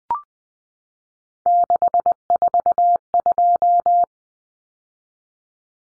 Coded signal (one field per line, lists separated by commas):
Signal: Morse code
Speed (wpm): 20 wpm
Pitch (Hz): 700 Hz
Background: none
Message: 642